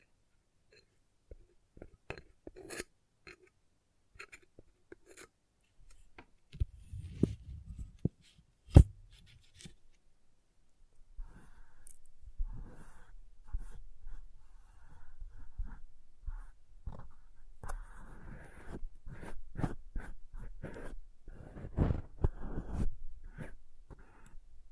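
Crayons tap and scrape across paper, starting with sparse, separate clicks and a sharp knock near nine seconds. From about eleven seconds on, busier drawing and carving strokes fill in, with quick scratches and firm taps that grow denser and louder toward the end.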